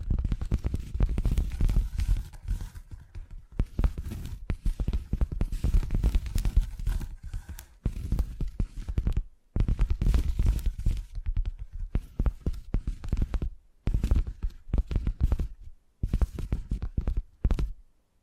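Quick tapping sounds run in dense bursts, with soft, dull, low-pitched knocks landing many times per second. The clusters stop briefly every few seconds, near 9.5, 12, 14 and 16 seconds, then resume at a similar pace.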